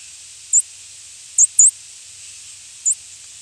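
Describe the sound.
Chipping sparrow giving short, sharp, very high chip notes, four in all, spaced irregularly over a few seconds, with a faint steady hiss behind.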